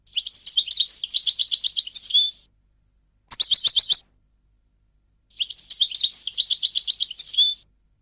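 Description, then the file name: Goldfinch song, three bursts of fast tinkling, twittering notes with buzzy trills, a short burst between two longer ones, separated by silence. "audio burung goldfinch"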